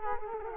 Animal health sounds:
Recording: mosquito wingbeat signal from an infrared sensor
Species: Culex quinquefasciatus

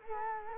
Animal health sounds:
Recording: mosquito wingbeat signal from an infrared sensor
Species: Culex quinquefasciatus

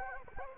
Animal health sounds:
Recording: mosquito wingbeat signal from an infrared sensor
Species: Anopheles arabiensis

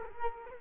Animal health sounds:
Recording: mosquito wingbeat signal from an infrared sensor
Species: Culex quinquefasciatus

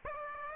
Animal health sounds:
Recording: mosquito wingbeat signal from an infrared sensor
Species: Aedes aegypti

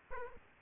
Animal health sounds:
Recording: mosquito wingbeat signal from an infrared sensor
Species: Aedes aegypti

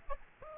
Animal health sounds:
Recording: mosquito wingbeat signal from an infrared sensor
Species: Aedes aegypti

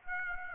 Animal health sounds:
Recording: mosquito wingbeat signal from an infrared sensor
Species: Aedes aegypti

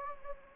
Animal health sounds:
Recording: mosquito wingbeat signal from an infrared sensor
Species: Anopheles gambiae

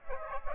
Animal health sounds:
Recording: mosquito wingbeat signal from an infrared sensor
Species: Aedes aegypti

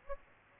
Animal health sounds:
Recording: mosquito wingbeat signal from an infrared sensor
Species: Aedes aegypti

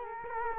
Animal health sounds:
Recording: mosquito wingbeat signal from an infrared sensor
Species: Culex quinquefasciatus

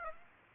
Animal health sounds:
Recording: mosquito wingbeat signal from an infrared sensor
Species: Aedes aegypti

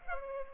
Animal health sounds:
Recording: mosquito wingbeat signal from an infrared sensor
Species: Culex pipiens

